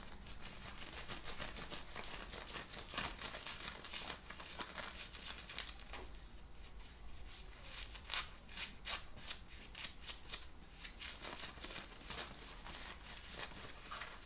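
Fabric being scratched and rubbed, a rough, continuous scraping made of quick, uneven strokes with a bright, hissy edge. Sharper bursts stand out around the third, eighth and tenth seconds, while a low, soft rumble runs steadily underneath throughout.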